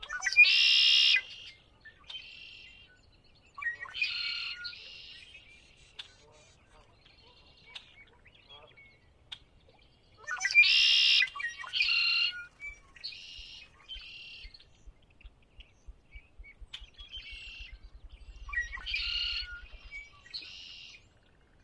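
Bright bird chirps and short song phrases come in bursts across a quiet spring dawn, with louder calls near the start and middle.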